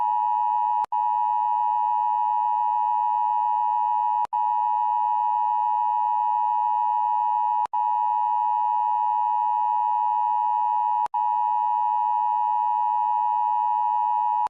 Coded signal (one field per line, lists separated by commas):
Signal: Emergency Alert System (SAME) tones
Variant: 853 and 960 Hz attention tone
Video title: All British Territories EAS Alarm